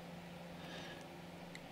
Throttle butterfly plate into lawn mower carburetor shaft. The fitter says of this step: all of a sudden it just pop into place isn't